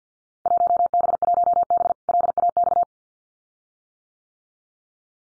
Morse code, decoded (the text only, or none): 1B1B LAX